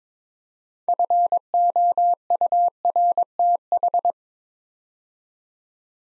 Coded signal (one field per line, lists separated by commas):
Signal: Morse code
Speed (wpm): 22 wpm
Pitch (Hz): 700 Hz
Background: none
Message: FOURTH